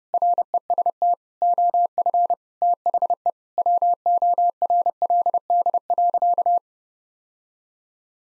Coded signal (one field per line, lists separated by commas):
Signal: Morse code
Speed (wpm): 30 wpm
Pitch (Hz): 700 Hz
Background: none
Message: REST OF THE WORLD.